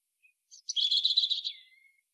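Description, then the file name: European robin delivering a short high warble: a couple of faint lead notes, then a dense jumbled twittering run ending in a thin, slightly falling whistle. "Erithacus rubecula"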